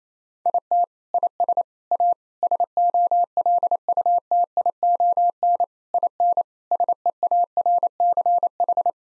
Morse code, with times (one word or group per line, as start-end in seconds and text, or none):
0.5-0.8 IT
1.1-1.6 IS
1.9-2.1 A
2.4-5.6 SOLUTION
5.9-6.4 IN
6.7-8.9 SEARCH